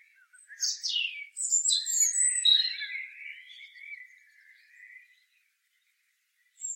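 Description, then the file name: European robin song: a couple of steep, high descending notes, then a liquid warbling phrase that fades, followed by silence and a last short high note. "Erithacus rubecula"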